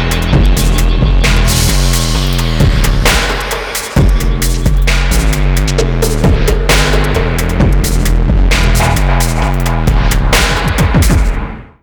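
A loud collaborative hip-hop single with a heavy, distorted, buzzing beat and thick bass pulses repeating in a steady rhythm. It briefly drops out for a moment before slamming back in. No voices are heard.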